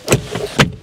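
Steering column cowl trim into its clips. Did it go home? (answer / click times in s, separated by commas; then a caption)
yes / 0.1 s, 0.6 s. A steering column cowl trim piece on a Beetle, screwed back together with a T25 and two tiny Phillips screws, is pushed into its clips. Two sharp plastic snaps sound at 0.1 s and 0.6 s over a low background hum, and the trim is seated in place.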